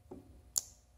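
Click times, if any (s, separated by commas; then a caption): 0.6 s. The lock on a Ganzo G753-CF folding knife is worked so the blade snaps into its strong detent. A faint, low tap at 0.1 s is followed by a sharp, bright click at 0.6 s as the lock seats firmly in the detent.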